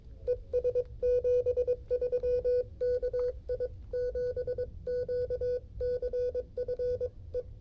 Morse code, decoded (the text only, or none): ES 73 KI7QCF E